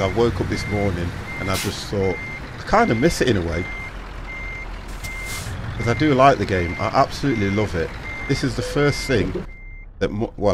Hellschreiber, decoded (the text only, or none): none